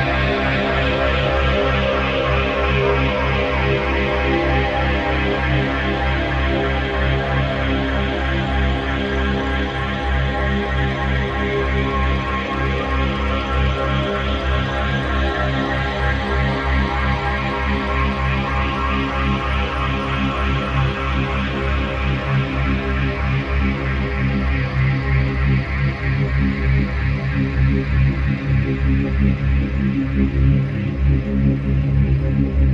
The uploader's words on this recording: It's a full-spectrum binaural, meaning everything in the right channel (not just the binaural tone) is shifted up to create the 3.2 Hz binaural beat. C#65.4Hz Full-Spectrum δ 3.2Hz.